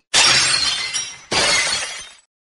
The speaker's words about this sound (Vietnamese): Bỗng nhiên, một tiếng thủy tinh vỡ thanh thúy vang lên.